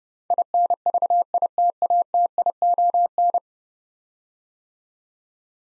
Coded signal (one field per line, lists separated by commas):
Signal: Morse code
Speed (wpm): 30 wpm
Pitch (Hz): 700 Hz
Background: none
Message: INVITATION